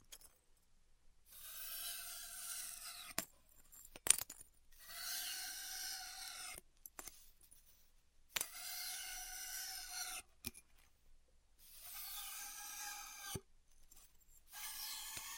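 Styrofoam being heat cut in repeated passes, each a two-second stretch of bright, raspy hiss with a squeaky whine running through it. Short silences separate the five or so strokes, and sharp clicks mark several of the stops and starts.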